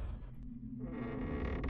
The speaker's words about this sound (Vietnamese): Tiếng kẹo kẹt của cánh cửa gỗ vang lên như thách thức lòng gan dạ của Hận.